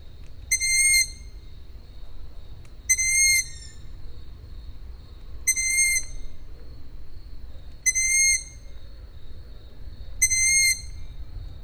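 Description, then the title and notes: Owl calls: five clear, high whistled notes with a slight downward tail, repeated steadily about every two and a half seconds against a quiet hiss. Recorded at Židlochovice. "Sovy, Židlochovice. Sovy v Židlochovicích, nahrál Tomáš Šenkyřík"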